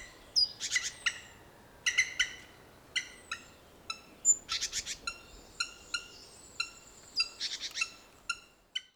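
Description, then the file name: Great tit calls: bursts of rapid, buzzy churring notes mixed with sharp high chips and short descending ticks over a quiet background. "Parus major"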